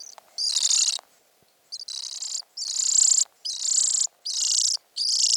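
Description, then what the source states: European greenfinch fledgling begging with rasping, vibrating buzzes, several in a row separated by short pauses. Recently fledged young begging for food; call is a series of vibrating notes; parents feed young seeds softened in the crop rather than insects.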